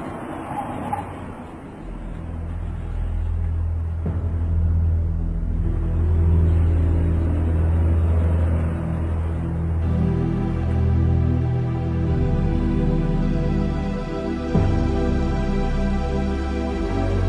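A heavy bus engine rumbles steadily as the last bus to Turginovo drives, with deep low droning tones that shift in pitch as it changes gear, plus faint rattles over the continuous hum.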